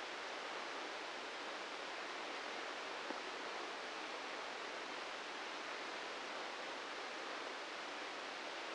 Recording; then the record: brain microelectrode recording played as sound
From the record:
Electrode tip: inside the subthalamic nucleus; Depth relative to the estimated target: -1 mm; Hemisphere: left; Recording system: NeuroSet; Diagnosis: Parkinson's disease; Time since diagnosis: 13 years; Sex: male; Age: 65 years